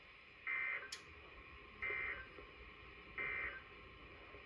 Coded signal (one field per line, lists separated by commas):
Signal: Emergency Alert System (SAME) tones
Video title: Mild Chaos. Alerts from 7/8/23 - 7/9/23 (EAS #727 - 736)